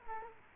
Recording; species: mosquito wingbeat signal from an infrared sensor; Culex quinquefasciatus